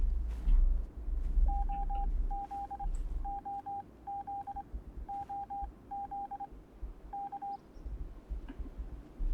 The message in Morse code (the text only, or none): OZ OZ OZ K